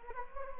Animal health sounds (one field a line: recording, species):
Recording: mosquito wingbeat signal from an infrared sensor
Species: Anopheles gambiae